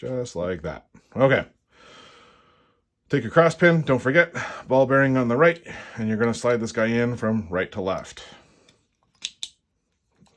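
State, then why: Seated. Someone talks, then a metal cross pin, ball bearing on the right, is slid from right to left through the aluminum lower body of a First Strike T15 paintball marker. A few faint ticks lead to a sharp click at 9.4 s as the pin seats and sits flush.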